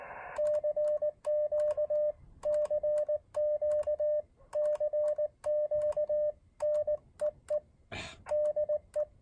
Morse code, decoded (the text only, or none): CQ CQ CQ NEE DE